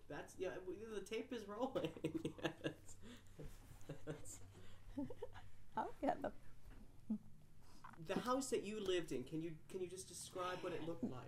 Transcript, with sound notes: That's, yeah, you know the tape is rolling. [Laughs]
How can the?
The house that you lived in, can you -- can you just describe what it l looked like?